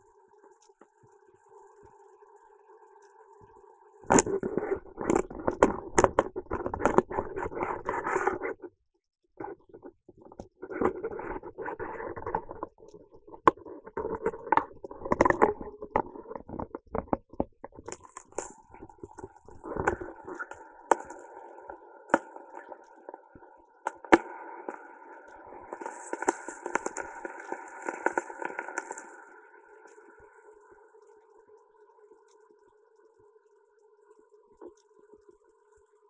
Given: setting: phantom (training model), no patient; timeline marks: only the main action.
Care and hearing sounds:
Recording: laparoscopic instrument, vibration sensor on the handle end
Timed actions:
0.00-1.88 s: coagulation
17.59-36.10 s: coagulation
From the record:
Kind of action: gesture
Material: ex-vivo porcine liver

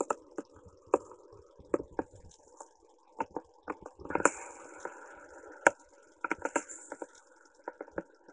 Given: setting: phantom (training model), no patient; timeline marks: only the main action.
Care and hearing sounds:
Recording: laparoscopic instrument, vibration sensor on the handle end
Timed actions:
0.00-8.33 s: coagulation
From the record:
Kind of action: gesture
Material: ex-vivo porcine liver

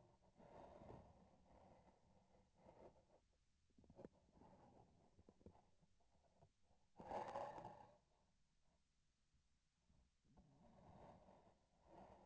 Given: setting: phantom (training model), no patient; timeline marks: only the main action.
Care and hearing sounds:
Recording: laparoscopic instrument, vibration sensor on the handle end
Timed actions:
3.65-6.51 s: palpation
From the record:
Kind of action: gesture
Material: synthetic tissue

